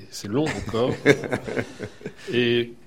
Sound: laughter